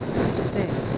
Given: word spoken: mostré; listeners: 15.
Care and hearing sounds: one Spanish word in noise, from a listening test; noise modulated by three-talker babble; -7.2 dB; 0 of 15; 7 of 15; 0.58 s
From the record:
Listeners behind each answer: 7, 1, 1, 1, 1, 1, 1, 1, 1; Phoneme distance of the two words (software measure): 31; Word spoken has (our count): 2 syllables, 6 phonemes, stress on syllable 2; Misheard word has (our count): 2 syllables, 5 phonemes, stress on syllable 2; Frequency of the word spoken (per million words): 1.11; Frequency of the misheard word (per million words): 328.22

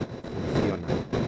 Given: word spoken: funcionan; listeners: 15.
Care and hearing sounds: one Spanish word in noise, from a listening test; noise modulated by three-talker babble; -6.7 dB; 1 of 15; 12 of 15; 0.87 s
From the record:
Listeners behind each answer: 12, 1, 1, 1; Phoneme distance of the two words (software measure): 7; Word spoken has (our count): 3 syllables, 9 phonemes, stress on syllable 2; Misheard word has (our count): 3 syllables, 8 phonemes, stress on syllable 2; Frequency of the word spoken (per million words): 12.73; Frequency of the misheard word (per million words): 26.94

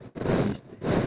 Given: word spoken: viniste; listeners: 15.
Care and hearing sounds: one Spanish word in noise, from a listening test; noise modulated by one talker; -8.6 dB; 1 of 15; 7 of 15; 0.68 s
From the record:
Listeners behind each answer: 7, 3, 2, 1, 1, 1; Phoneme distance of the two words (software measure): 14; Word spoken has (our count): 3 syllables, 7 phonemes, stress on syllable 2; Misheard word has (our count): 2 syllables, 5 phonemes, stress on syllable 1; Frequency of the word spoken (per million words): 1.42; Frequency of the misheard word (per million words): 13.41

